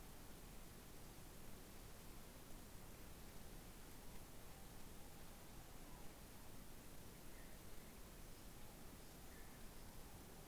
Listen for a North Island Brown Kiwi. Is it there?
no